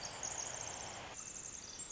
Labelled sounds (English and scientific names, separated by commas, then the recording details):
Pacific Wren (Troglodytes pacificus)
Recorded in Sonoma County, California